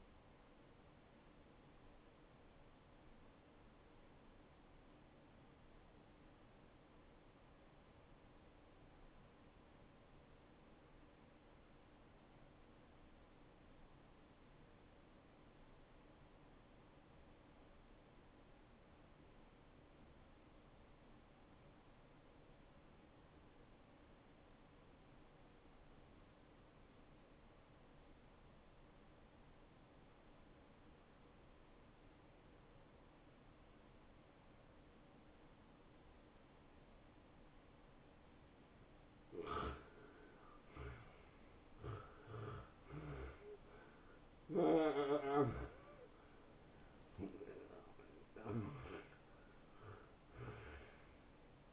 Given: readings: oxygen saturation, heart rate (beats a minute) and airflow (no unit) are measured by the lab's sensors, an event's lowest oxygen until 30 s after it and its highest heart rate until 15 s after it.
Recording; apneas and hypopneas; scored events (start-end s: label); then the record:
breathing in sleep by a voice recorder at the bedside; 1
5.00-39.50 s: hypopnea (N1, oxygen 92% highest, then 82% lowest, heart rate 69 at the start, 69 highest)
From the record:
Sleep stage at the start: N1 (lightest sleep); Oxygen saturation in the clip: 84 to 92%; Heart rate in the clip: 58 to 69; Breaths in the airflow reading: 7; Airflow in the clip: -18.3 to 9.0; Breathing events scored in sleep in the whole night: 263 in 5.5 hours asleep